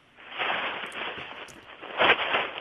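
Continuous crackly rustling, like paper or a plastic bag being handled, fluctuating irregularly with a louder scrunching burst near the end. No voices.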